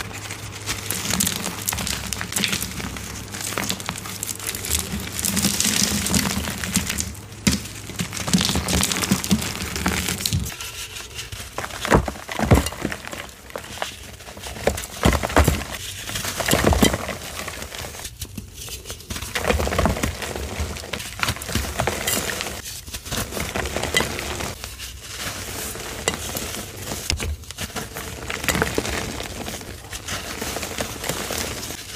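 Soft gym chalk crumbles with a dense, crackling crispness that runs through the whole recording. A low steady hum sits underneath for the first ten seconds, then drops away, leaving uneven bursts of powdery crunching with brief quieter gaps roughly every couple of seconds.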